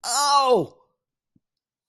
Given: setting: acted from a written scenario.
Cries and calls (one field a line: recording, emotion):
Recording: vocal sound without words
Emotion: pain